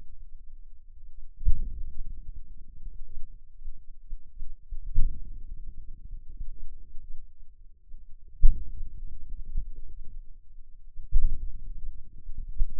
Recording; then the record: forearm muscle sounds (acoustic myography)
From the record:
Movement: outward rotation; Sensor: system 2, bracelet of six BSWA MPA416 microphones around the upper forearm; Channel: 1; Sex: male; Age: 22 years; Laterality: right